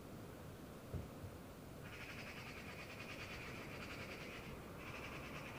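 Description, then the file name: Eurasian magpie rattle, a long run of rapid harsh notes starting after a soft knock, briefly pausing before resuming, over a noisy background. "Pica pica"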